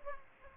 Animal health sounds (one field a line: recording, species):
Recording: mosquito wingbeat signal from an infrared sensor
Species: Aedes aegypti